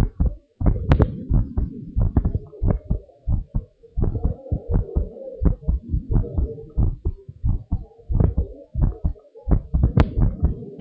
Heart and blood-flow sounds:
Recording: heart sounds of a pregnant woman by stethoscope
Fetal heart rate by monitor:
no fetal heartbeat
From the record:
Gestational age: 38 weeks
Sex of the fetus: boy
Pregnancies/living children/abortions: 2/1/0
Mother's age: 33 years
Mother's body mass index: 31.6

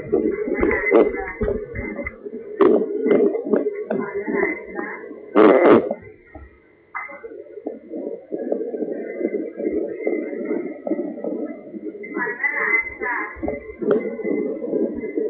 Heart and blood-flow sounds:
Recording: fetal heart sounds by stethoscope on the mother's abdomen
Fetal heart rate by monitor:
0.00-10.00 s: 127 bpm
10.00-15.29 s: 138 bpm
From the record:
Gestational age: 36 weeks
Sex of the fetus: boy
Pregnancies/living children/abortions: 1/0/0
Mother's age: 23 years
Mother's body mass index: 22.6

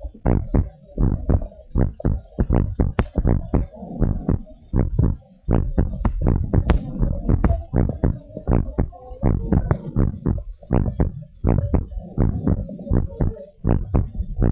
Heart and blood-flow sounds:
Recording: heart sounds of a pregnant woman by stethoscope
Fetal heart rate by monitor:
no fetal heartbeat
From the record:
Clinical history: high fetal heart rate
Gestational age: 37 weeks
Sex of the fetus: girl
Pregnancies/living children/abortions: 2/1/0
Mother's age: 30 years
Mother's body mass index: 25.7

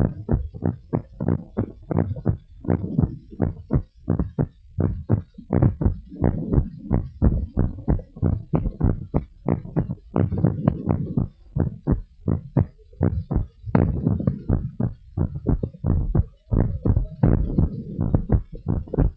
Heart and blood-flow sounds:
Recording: heart sounds of a pregnant woman by stethoscope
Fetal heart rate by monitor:
no fetal heartbeat
From the record:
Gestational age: 39 weeks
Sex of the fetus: boy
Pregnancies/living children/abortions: 1/0/0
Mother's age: 22 years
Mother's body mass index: 28.0

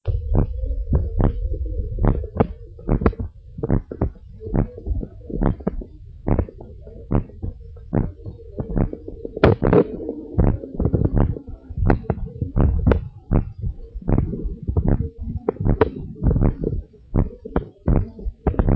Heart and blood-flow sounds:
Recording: heart sounds of a pregnant woman by stethoscope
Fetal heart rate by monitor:
no fetal heartbeat
From the record:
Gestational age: 32 weeks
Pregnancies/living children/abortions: 4/3/0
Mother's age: 42 years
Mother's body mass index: 28.7

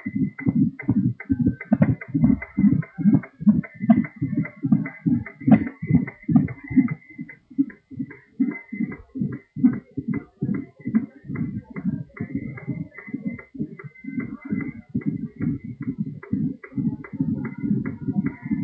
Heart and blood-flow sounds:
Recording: fetal heart sounds by stethoscope on the mother's abdomen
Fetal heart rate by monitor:
0.00-10.00 s: 149 bpm
10.00-18.64 s: 138 bpm
From the record:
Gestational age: 40 weeks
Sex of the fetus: girl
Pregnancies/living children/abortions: 2/1/0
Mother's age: 30 years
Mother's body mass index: 27.2

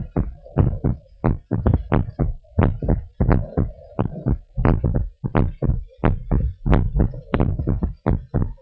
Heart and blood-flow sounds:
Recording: heart sounds of a pregnant woman by stethoscope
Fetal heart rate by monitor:
no fetal heartbeat
From the record:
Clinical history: decreased amniotic fluid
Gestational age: 34 weeks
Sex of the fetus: girl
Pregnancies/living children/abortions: 3/0/2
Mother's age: 34 years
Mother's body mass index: 28.9

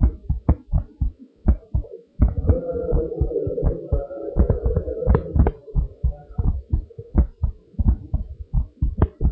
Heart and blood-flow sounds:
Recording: heart sounds of a pregnant woman by stethoscope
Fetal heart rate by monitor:
no fetal heartbeat
From the record:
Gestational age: 37 weeks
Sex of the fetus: boy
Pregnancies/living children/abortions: 2/1/0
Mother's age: 31 years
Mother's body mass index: 38.7

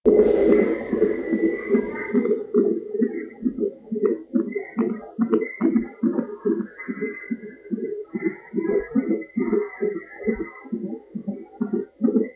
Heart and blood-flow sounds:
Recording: fetal heart sounds by stethoscope on the mother's abdomen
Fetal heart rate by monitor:
0.00-10.00 s: 144 bpm
From the record:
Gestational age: 39 weeks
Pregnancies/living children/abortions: 2/1/0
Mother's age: 27 years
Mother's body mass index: 27.7

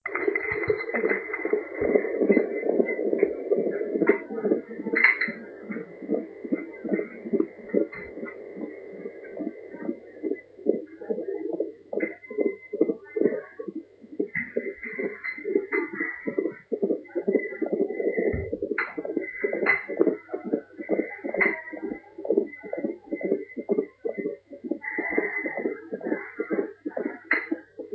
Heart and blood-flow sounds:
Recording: fetal heart sounds by stethoscope on the mother's abdomen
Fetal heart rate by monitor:
0.00-10.00 s: 143 bpm
10.00-20.00 s: 138 bpm
20.00-27.95 s: 132 bpm
From the record:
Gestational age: 34 weeks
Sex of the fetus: girl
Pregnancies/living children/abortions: 3/2/0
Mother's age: 33 years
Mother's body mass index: 26.8

